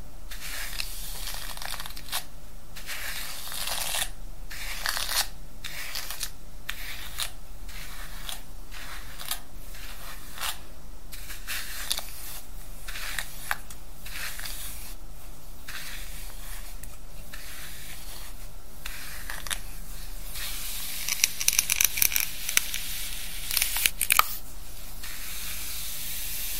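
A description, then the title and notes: Hair is played with and brushed in a steady run of soft, bright rustling and hissing strokes, broken by brief pauses every second or so. Near the end, from about 21 seconds, sharper snipping-like clicks and crackles cut in several times. ASMR Relaxing Hair Play & Brushing.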